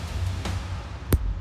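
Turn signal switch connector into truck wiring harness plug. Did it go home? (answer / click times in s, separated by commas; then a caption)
yes / 1.1 s. The plastic wiring connector of a Volvo VNL truck's turn signal switch is plugged back into the truck's wiring harness plug, with music playing in the background. A softer knock comes at 0.5 s, then a short, sharp click at 1.1 s as the connector seats.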